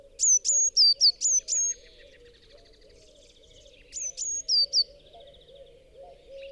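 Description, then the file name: Eurasian Blue Tit with two bursts of high, sharp notes, six then four, each note dropping in pitch. "Cyanistes caeruleus"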